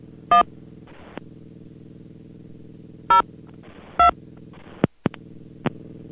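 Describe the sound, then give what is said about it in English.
Three short, loud telephone keypad tones beep at uneven intervals over a steady low hum, with a few sharp clicks and brief rustles in between. “Please dial 0.”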